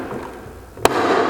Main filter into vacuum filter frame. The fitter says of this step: engage the tangs and snap in place ensure